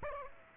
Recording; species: mosquito wingbeat signal from an infrared sensor; Aedes aegypti